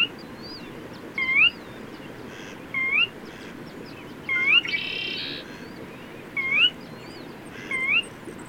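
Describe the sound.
Bird calls as short upslurred whistles, with soft high chirps, a brief rushing burst near the middle and steady low background noise.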